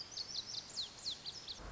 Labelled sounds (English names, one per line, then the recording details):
Lazuli Bunting
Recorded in Sonoma County, California